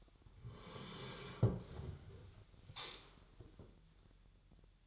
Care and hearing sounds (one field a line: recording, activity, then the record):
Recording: daily activity, microphone in the room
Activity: sit down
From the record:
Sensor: 3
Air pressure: 1001.9 hPa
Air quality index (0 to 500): 246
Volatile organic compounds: 122 ppm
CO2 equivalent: 3884 ppm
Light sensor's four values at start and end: 9/20/8/9 and 8/18/8/8